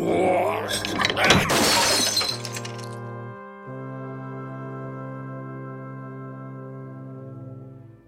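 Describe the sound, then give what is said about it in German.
A glass display case shatters when a kilogram weight from a scale is thrown into it, a loud, bright burst of crashing and tinkling shards lasting about two seconds, followed by a steady low droning tone that briefly cuts out, then resumes and fades. “Als das Glas zersplitterte, war Karls Schwester wohl schon tot.”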